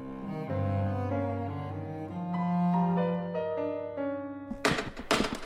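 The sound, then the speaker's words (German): Steady, sustained musical tones give way to a brief burst of loud, hollow wooden clattering as boys in wooden clogs strike a floor several times in quick, uneven succession. “Poltert doch nicht so mit den Holzschuhen, ihr Bengel.”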